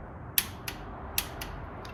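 A bolt on a vehicle build is tightened with a click-type torque wrench set to 50. A sharp, loud click at 0.4 s marks the preset torque being reached. Softer clicks and ratcheting sounds follow, with another strong click at 1.2 s.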